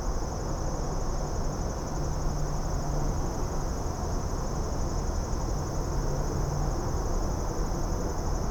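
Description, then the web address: Insects in chorus, a steady shrill high hum held without a break, over a heavy low rumbling din. Suburban area, daytime, insects heard within general suburban din. "boom library Urban and Suburban Suburban din day insects"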